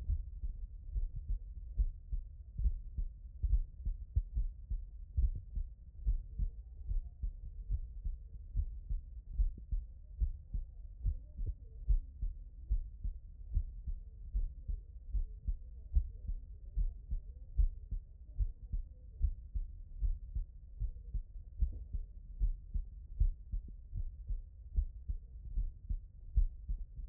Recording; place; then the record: heart sounds by stethoscope; tricuspid valve (TV)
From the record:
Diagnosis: non-HFrEF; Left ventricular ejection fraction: 65%